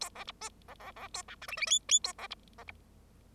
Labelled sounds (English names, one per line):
Bengalese Finch song